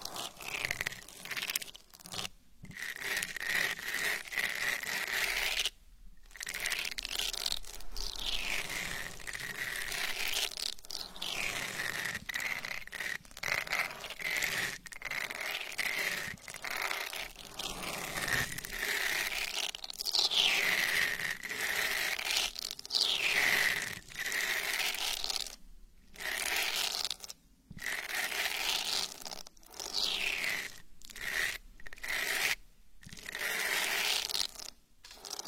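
An eyelash brush sweeps over the ear in steady, soft brushing strokes, a scratchy hiss that swells and fades roughly every three seconds, with brief silent gaps.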